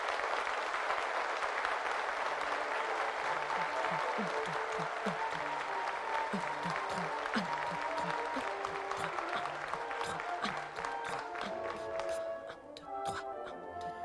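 A crowd applauds steadily for about twelve seconds, a dense wash of clapping that thins toward the end into sparser, individual claps.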